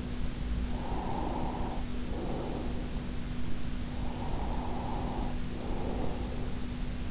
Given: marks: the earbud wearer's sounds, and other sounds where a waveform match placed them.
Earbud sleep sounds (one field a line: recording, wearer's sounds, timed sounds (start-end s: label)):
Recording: sounds in sleep by an in-ear microphone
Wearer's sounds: breath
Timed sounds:
0.65-2.83 s: breath
3.77-6.53 s: breath